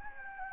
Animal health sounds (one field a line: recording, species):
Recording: mosquito wingbeat signal from an infrared sensor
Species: Anopheles gambiae